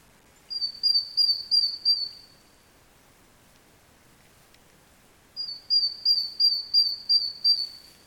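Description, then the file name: Great tit calling in two bursts of thin, high, evenly spaced notes, several quick repeats each, separated by a few seconds of quiet with faint background hiss. "Parus major"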